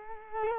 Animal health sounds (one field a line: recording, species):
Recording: mosquito wingbeat signal from an infrared sensor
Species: Culex quinquefasciatus